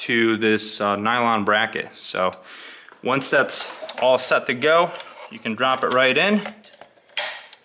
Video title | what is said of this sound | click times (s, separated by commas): Scion FRS Return Style Fuel Assembly Part II - EXPLAINED | snaps in place doesn't i mean that's not going anywhere | 7.2 s